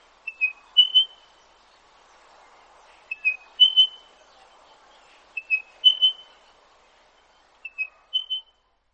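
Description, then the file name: Spotted pardalote calling: soft whistled phrases, lower notes then higher ones, repeated four times about every two and a half seconds, over faint background noise. "Spotted pardolote"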